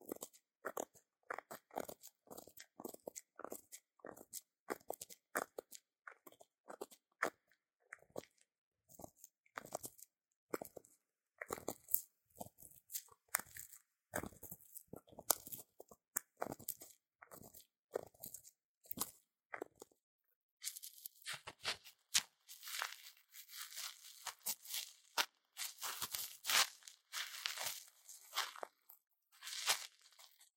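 Ear cleaning produces rapid, irregular crunching and scratching bursts throughout, growing brighter and more rustling after about twenty seconds, with brief silent gaps.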